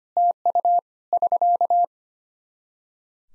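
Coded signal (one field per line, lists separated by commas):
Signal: Morse code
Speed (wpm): 25 wpm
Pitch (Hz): 700 Hz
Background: none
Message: TU <SK>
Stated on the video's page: Practice QSO ending segment at 25 wpm for head-copy training, sent in Morse, spoken, then sent again.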